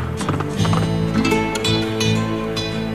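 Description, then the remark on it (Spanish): A horse gallops as José María el Tempranillo rides it off into the hills, its hooves pounding in a quick, uneven rhythm of sharp thuds over a steady, sustained musical backing, with no one speaking. “Por tanto, cogió el primer caballo que pilló y se lanzó al monte.”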